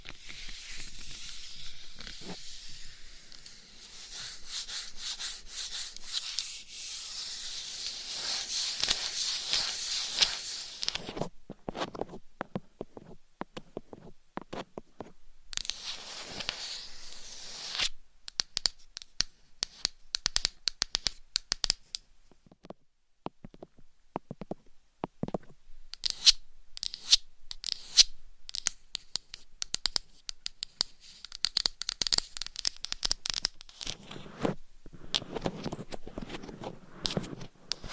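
Gentle tapping and scratching sounds come in dense, irregular bursts of crisp, bright clicks and rustles. A soft hiss fills the first ten seconds, then the sounds turn sparser, with brief near-silent gaps around 12, 22 and 25 seconds before the scratching picks up again.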